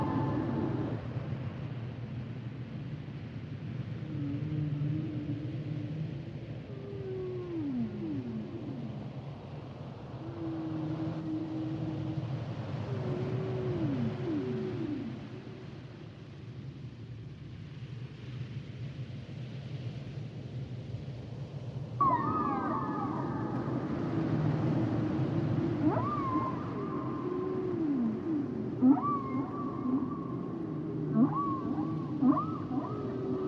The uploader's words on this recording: The songs and sounds of the humpback whale. Male humpback whales produce complex songs during the winter breeding season.